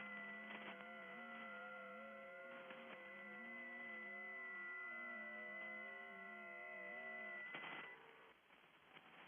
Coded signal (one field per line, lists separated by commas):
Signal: FT8